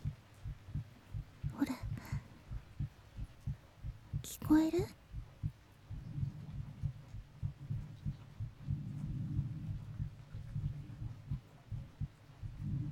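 Normal adult heartbeat heard through the chest with an ear pressed against it, in a roleplay.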